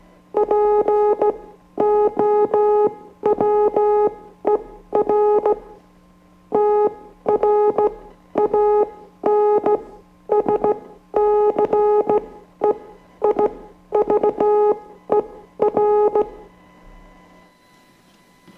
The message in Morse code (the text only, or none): POWER TRANSCEIVER